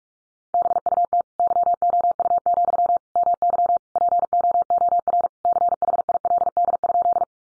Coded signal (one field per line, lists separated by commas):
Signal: Morse code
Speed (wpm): 44 wpm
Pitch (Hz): 700 Hz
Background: none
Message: BUT YOU, MY POOR CHILD?